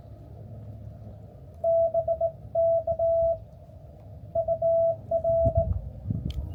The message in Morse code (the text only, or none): BK UR